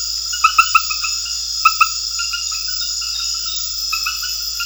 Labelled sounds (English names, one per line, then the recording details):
none
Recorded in secondary vegetation near Puerto Asís, Putumayo, Colombia, on 4 March 2025 at 22:30
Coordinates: 0.498, -76.327
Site G001